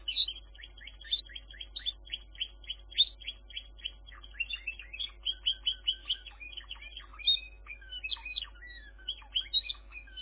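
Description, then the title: Canary delivering fast repeated chip notes that merge into warbled trills and squeaky phrases throughout, accompanied by a quiet constant hum. "kenarijos"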